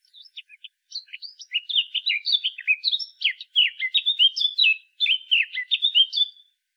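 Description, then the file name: Eurasian blackcap song: a few thin, scratchy notes that swell into a sustained, fast, loud warble of varied whistled phrases lasting several seconds. "Sylvia atricapilla"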